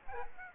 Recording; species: mosquito wingbeat signal from an infrared sensor; Aedes aegypti